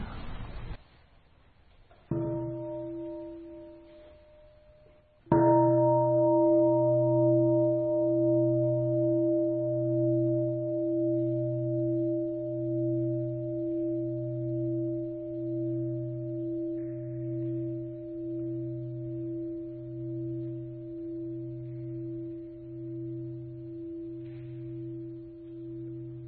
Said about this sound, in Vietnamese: Bây giờ nói làm liền nha, mình thỉnh chuông các vị làm liền nha.